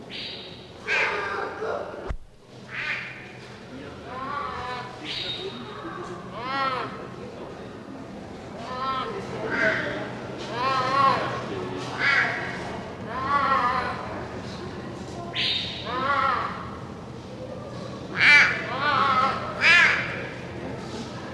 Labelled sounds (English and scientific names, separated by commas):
Clouded Leopard (Neofelis nebulosa)